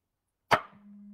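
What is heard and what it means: A manual can opener is clamped onto the rim of a metal can of beans until it locks. A single sharp pop is heard at 0.5 s, followed by a faint steady low hum. The opener clamps and locks onto the can rim.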